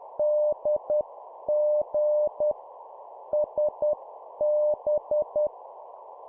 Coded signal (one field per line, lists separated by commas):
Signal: Morse code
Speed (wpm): 10 wpm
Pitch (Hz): 600 Hz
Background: none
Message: DG SB